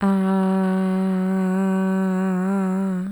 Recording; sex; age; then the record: sustained vowel /a/; female; 40 to 49 years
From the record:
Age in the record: 46 years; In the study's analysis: included